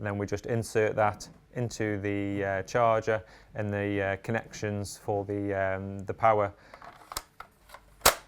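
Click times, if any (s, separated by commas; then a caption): 8.1 s. Someone talks while an Allett Liberty 43 mower battery pack is slid into the slots on its charger, followed by a few faint handling taps. At 8.1 s a sharp click sounds as the power connections click together and the battery seats fully in the charger.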